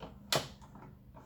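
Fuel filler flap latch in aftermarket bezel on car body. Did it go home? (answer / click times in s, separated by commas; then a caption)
no / none. On a Land Rover LR3/LR4, the fuel filler flap is pushed shut against the aftermarket DA1114 latch kit's plastic bezel fitted on the car body, giving a sharp knock at about 0.3 s, faint taps, and another knock at the end. The latch does not catch, so nothing has seated or clicked yet and the flap is left unlatched.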